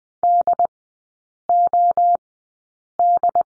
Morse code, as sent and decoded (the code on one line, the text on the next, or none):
-.. --- -..
DOD